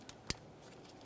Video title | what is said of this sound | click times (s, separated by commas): How to Replace Rear Valve Cover 2007-2013 Acura MDX (3.7L V6) | we have an electrical connector we're going to press that in listen for our Click Of course | 0.3 s